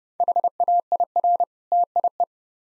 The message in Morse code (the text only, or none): HAIR TIE